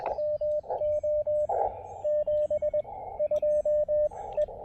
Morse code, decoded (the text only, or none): MO 72 E